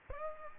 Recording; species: mosquito wingbeat signal from an infrared sensor; Aedes aegypti